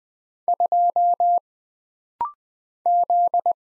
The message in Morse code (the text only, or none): 2 Z